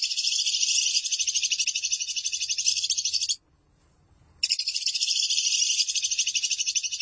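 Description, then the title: Lovebird song of continuous harsh rapid chatter, broken by an one-second pause before the same buzzy trill resumes. "BM Suara Burung Lovebird"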